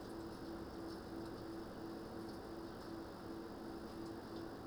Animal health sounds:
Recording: poultry house recording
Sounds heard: no chicken sound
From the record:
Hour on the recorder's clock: 21

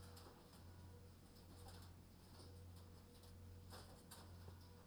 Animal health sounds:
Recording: poultry house recording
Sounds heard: no chicken sound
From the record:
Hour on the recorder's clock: 21

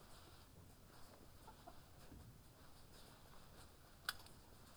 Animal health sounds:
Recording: poultry house recording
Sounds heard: healthy chickens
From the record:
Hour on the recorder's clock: 10

